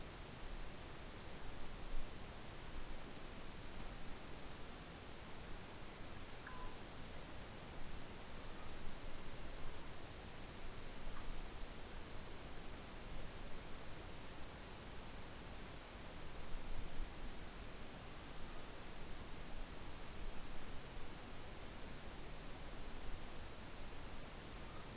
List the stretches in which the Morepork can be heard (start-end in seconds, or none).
none